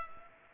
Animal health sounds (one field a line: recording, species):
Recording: mosquito wingbeat signal from an infrared sensor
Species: Culex pipiens